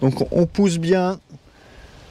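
A wiring harness connector is pushed back onto a newly replaced glow plug in a Suzuki 1.6 DDiS diesel engine. Someone talks for about the first 1.2 seconds, followed by quiet low background noise. The connector is being handled but has not seated or clicked yet.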